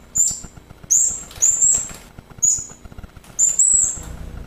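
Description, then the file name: Hanging parrot calls: several thin, very high-pitched squeaky notes in irregular bursts, with faint ticking noise beneath. "serindit"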